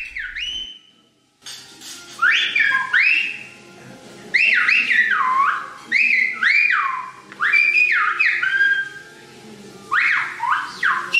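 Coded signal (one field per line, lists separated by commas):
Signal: whistled language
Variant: Silbo Gomero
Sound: loud gliding whistled phrases rising and falling between about 1 and 3 kHz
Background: room hum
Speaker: The waitress whistled to ask her colleague to find the camera and return it to the owner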